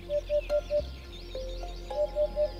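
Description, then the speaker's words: Eurasian hoopoe call: soft low hollow hoots in groups of three or four, evenly spaced, repeated after a pause, with faint background birdsong above. Male hoopoe call; its scientific name imitates the call; returns in spring from wintering grounds in Africa. "Name Upupa epops ist pure Lautmalerei. Er ahmt den Ruf eines Wiedehopfmännchens sprachlich nach."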